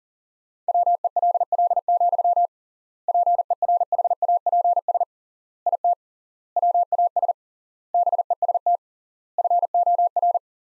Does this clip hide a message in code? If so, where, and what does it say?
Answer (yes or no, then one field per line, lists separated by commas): yes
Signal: Morse code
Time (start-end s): 0.7-10.4 s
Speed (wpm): 40 wpm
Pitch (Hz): 700 Hz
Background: none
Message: WELL, PERHAPS IT WAS BEST FOR